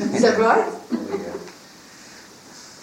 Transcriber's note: laughter and agreement